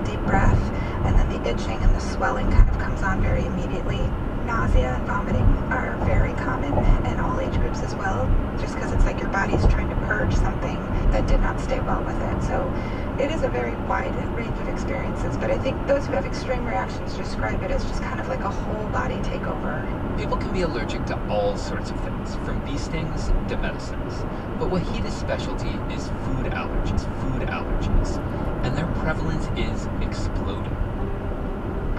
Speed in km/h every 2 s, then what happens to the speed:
93, 92, 92, 93, 95, 95, 92, 92, 92, 93, 90, 90, 92, 90, 92, 89.
0-32 steady at about 92.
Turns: none.